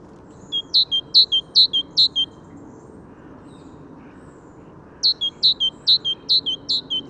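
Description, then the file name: Great tit repeating a bright two-note phrase in two runs, a high sliding note followed by a lower one, with a pause between, over faint low background noise. "Parus major"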